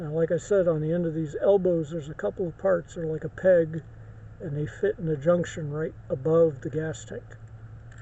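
Someone talks while handling the plastic elbows of an Optimus Prime Legacy '86 transforming toy truck, whose peg-like parts on the elbow ends fit into a junction in the torso right above the gas tank. Only speech and a low background hum are heard; nothing has seated or clicked yet.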